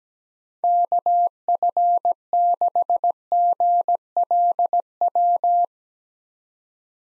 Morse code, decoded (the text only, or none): KF6GLW